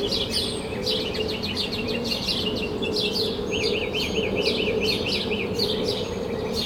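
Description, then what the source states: Birds singing together: dense high chirping, with one bird giving a quick run of repeated notes midway, over steady low background noise. Recorded at sunrise from a balcony in Denton, Texas.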